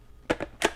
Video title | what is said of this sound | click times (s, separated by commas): Review: Teradek Link Pro Backpack and Core | locks into place and it's actually built for a bigger battery or the | 0.3 s